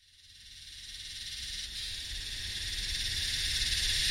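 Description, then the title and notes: Yellowbelly cicada buzz fading in from quiet and building steadily to a loud shrill drone, with a low hum of machinery below. Several wild cicadas singing in the heat in subtropical dry sclerophyll forest and heathland, Royal National Park, New South Wales, Australia, 7 December 2015, early summer, with humming machines nearby. "My Yellowbelly friends (Psaltoda harrisii) singing in the heat along with some humming machines in a mixture of subtropical dry scherlophyll forest and heathland. 7th of December, 2015 (Royal National Park, NSW, Australia.)"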